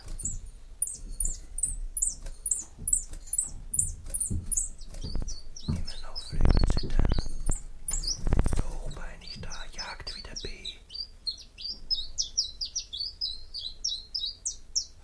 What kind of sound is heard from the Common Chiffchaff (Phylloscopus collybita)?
song